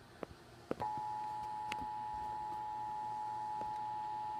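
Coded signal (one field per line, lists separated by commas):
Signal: Emergency Alert System (SAME) tones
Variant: 853 and 960 Hz attention tone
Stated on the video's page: National EAS test aired on KCNC CBS 4 Denver television.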